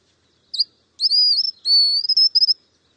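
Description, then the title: White-naped xenopsaris call: a short high note, then two longer thin, slightly rising whistles ending in quick buzzy flutters, all high-pitched in a quiet background. "LuckyPassaro Completos2Sama. White-naped Xenopsaris (Xenopsaris albinucha)"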